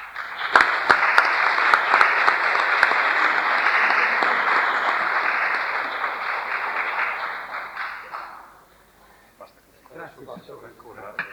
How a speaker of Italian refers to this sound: Penso che non sia stato ritualità vuota, perché un applauso come questo è un incoraggiamento anche per gli altri.